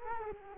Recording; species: mosquito wingbeat signal from an infrared sensor; Culex quinquefasciatus